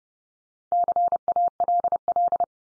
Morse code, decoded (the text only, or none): CALL